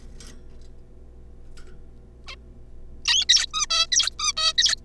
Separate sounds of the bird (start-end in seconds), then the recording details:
2.27-2.35, 3.05-3.25, 3.29-3.46, 3.54-3.66, 3.70-3.86, 3.92-4.10, 4.19-4.32, 4.37-4.53, 4.58-4.75. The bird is a juvenile. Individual R3549